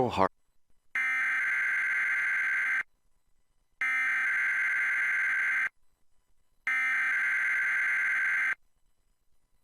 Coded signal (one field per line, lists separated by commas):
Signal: Emergency Alert System (SAME) tones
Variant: header bursts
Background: speech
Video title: (EAS #206-214) Tornado Drills + SWPW Public Information Statements (3/7-13/2021